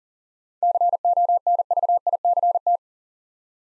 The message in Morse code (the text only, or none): CONVICT